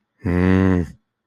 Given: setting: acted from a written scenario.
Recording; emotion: vocal sound without words; anger